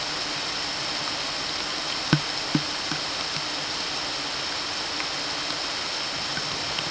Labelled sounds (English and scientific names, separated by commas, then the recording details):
none
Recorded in pastures near Puerto Asís, Putumayo, Colombia, on 9 March 2025 at 11:30
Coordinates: 0.486, -76.323
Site G075